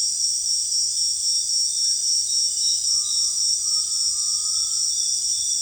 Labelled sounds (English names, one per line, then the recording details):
Cinereous Tinamou
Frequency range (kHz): Cinereous Tinamou 0.7-1.9 kHz
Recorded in secondary vegetation near Puerto Asís, Putumayo, Colombia, on 29 June 2025 at 18:30
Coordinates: 0.485, -76.322
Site GP06